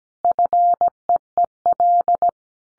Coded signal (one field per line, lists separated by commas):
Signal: Morse code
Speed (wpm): 17 wpm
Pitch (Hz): 700 Hz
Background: none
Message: FEEL